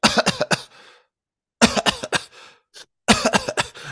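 Three runs of quick, dry, hacking coughs, about four bursts each: an imitated repeated throat-clearing cough.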